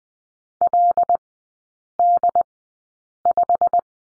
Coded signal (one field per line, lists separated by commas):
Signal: Morse code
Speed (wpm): 20 wpm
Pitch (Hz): 700 Hz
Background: none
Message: LD5